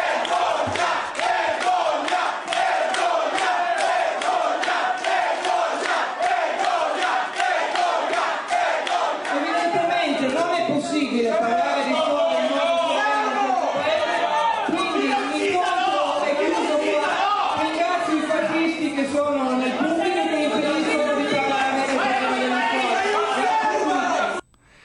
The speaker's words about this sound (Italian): un gruppo di persone che non sono abituate al dialogo, ma solo evidentemente alla caciara, alla protesta e nient'altro, hanno accolto sia Giordano che il ministro Gelmini con slogan, proteste, urla, manifesti.